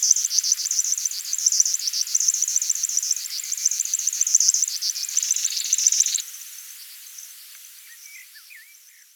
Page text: River Warbler Song. Quick Sounds